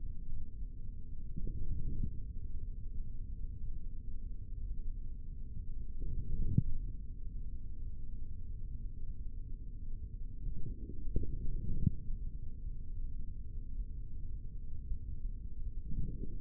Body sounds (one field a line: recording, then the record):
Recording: forearm muscle sounds (acoustic myography)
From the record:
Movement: forearm pronation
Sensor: system 3, bracelet of six PUI Audio POM-2738L microphones around the upper forearm, with dedicated amplification and filtering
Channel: 3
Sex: male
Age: 25 years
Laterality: right